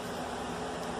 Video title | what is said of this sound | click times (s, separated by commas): Rear Brake Pads and Rotors 2013 Ford Explorer 2WD 3.5L | I assume it's supposed to lock in, but it doesn't. | none